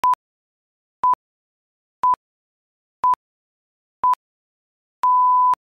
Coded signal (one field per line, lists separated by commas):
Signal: radio time signal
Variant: time pips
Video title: 1924-02-05: Royal Observatory BBC Pips